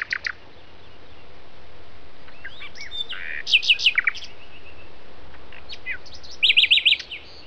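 Common nightingale singing varied phrases: a quick chatter, then twisting whistles, a fast sequence of repeated notes, and a closing burst of rapid rhythmic pulses.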